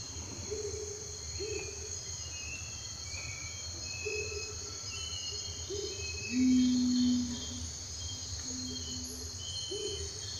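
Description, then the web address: Long-wattled umbrellabird giving a single deep, humming boom lasting under a second, over a steady insect drone. "Long wattled umbrellabird. پرنده-چتر-مرغ-غبغب-دراز"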